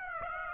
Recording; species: mosquito wingbeat signal from an infrared sensor; Aedes aegypti